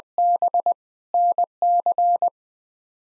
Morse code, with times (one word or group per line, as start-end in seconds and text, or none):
0.2-0.7 B
1.1-2.3 NC